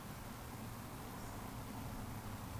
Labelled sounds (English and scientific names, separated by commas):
Eurasian Woodcock (Scolopax rusticola) whistle